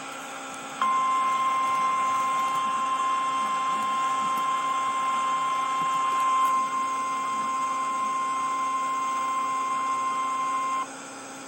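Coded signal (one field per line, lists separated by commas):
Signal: Emergency Alert System (SAME) tones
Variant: 1050 Hz attention tone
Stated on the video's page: Real Severe Thunderstorm Warning.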